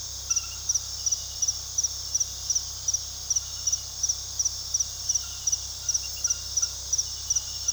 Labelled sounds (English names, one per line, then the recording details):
none
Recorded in pastures near Puerto Asís, Putumayo, Colombia, on 21 February 2024 at 01:30
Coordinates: 0.486, -76.323
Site G6462